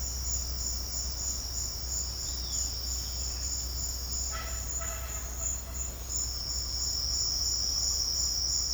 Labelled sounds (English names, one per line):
none